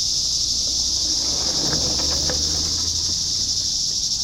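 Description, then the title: Cicadas give a continuous high buzzing drone, steady throughout, over a low background rumble. "neoscenes: cicadas"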